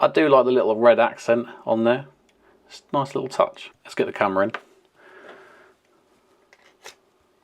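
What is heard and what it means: Someone talks while handling a SmallRig cage for a DJI Osmo Action 3/4, about to put the action camera into its protective cage and close the cage door. After the talking there is a soft rustle around 5.0 to 5.7 seconds and a few faint ticks near 6.5, 6.9 and 7.4 seconds. The camera has not seated and the door has not latched or clicked yet.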